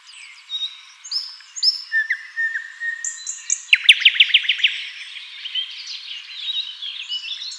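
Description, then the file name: Common nightingale singing varied whistles and chirps, building to a loud burst of rapid repeated notes, then trailing into softer twittering. "Luscinia megarhynchos"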